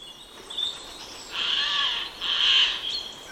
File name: Garrulus glandarius